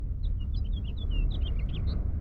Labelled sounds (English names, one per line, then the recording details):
House Finch song
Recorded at Lawrence on Long Island, New York, on 4 June 1975
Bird F